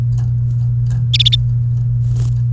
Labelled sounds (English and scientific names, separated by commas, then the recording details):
Domestic Canary (Serinus canaria) song
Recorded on 28 April 2018 at 12:20
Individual llb3